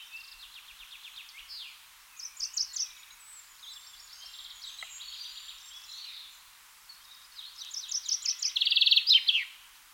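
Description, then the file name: Common chaffinch singing several rattling phrases, the last ending in an emphatic flourish near the close. "Fringilla coelebs"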